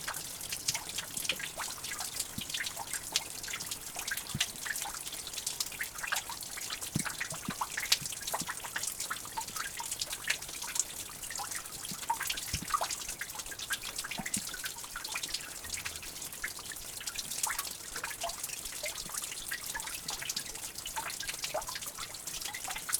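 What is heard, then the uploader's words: Water drips steadily from melting icicles at a cave entrance, many small drops falling close together with no pause across the whole stretch. The drips are bright and crisp, some sharp, others softer, over a faint constant hiss of trickling water. Enjoy the music of melting icicles in the entrance to a cave. You're walking an old tram road in an abandoned quarry in the Welsh hills. Water that normally cascades off the high ground has frozen into dramatic icicles as it runs down rock faces and over cave mouths.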